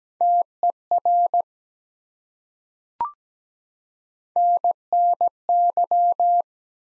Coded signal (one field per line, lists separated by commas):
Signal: Morse code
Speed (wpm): 17 wpm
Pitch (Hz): 700 Hz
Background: none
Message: TER NNY